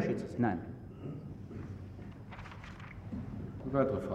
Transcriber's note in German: Schritte